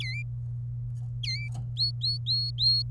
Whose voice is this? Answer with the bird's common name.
Domestic Canary